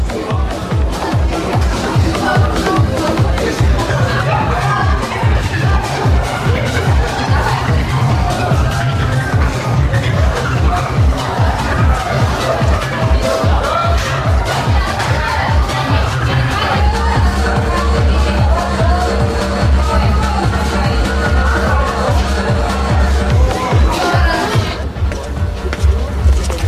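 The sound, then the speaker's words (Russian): Loud, pounding dance music with a steady, driving beat plays continuously at a disco, mixed with the dense babble and shuffling of a dancing crowd of teenagers. “Громкая музыка, вспышки яркого света, толпы танцующих подростков.”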